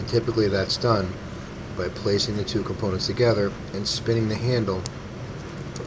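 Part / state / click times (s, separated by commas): implant driver into dental torque wrench latch head / seated / 5.8 s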